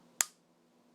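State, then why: Seated. On a Kel-Tec PF9 pistol, during reassembly the takedown pin is pushed back into the frame through the aligned barrel and snaps home at 0.2 s with a single sharp, bright snap that decays quickly over a low, steady hum. The pin is seated, and the snap is the cue that it is fully in place rather than only looking seated, which matters because an unseated pin can walk out during firing and damage the barrel.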